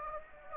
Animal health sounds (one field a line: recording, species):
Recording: mosquito wingbeat signal from an infrared sensor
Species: Anopheles gambiae